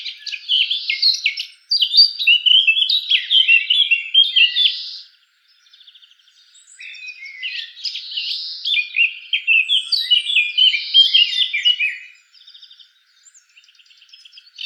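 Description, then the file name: Eurasian blackcap song in two long warbled bursts of mixed chattering and trilled notes, each followed by a quiet gap. "Sylvia atricapilla"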